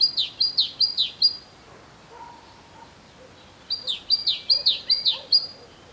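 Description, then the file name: Great tit giving two phrases of quick, high, falling notes, the second longer, separated by a gap of roughly two seconds with soft background chirps. "Parus major"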